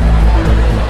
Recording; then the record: background sound without coughing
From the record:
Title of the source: Party Noise 1 Hour Party Ambience